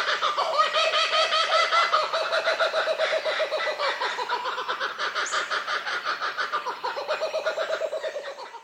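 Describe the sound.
Kookaburra laughing: rapid repeated cackling hoots in a continuous rhythmic series, slowly fading toward the end.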